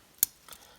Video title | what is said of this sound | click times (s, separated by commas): Borealis Portus Cale | So this is how it's going to fold over. A nice click | 0.2 s